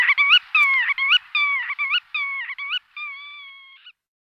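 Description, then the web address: Bird giving short nasal, harmonic-rich notes with bending, wavering pitch in quick bursts. The notes then lengthen into one steadier, longer tone that fades out. "fugle stemmer"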